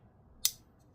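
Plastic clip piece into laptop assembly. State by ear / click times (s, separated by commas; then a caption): seated / 0.4 s. A plastic clip piece on a Razer Blade Stealth RZ09-0168 laptop is lined up and pushed down into the laptop assembly. A single sharp, bright click at 0.5 s stands out against a quiet low background and fades within about a tenth of a second, followed by a faint tick near 0.8 s. The plastic part snaps together and is seated.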